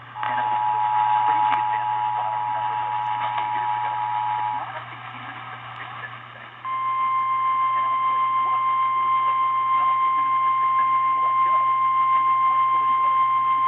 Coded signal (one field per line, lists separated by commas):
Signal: Emergency Alert System (SAME) tones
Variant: 853 and 960 Hz attention tone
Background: speech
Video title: Shmovin' Storms | EAS #98-114 (3/24-25/2023)